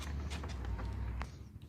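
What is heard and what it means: A plastic tail lamp unit, part of a broken car tail lamp repair, is pushed into its place on the car body, guided from the front, over a low steady background hum. A sharp knock at 1.2 s marks the housing seating into the body, ready to be fastened with new screws.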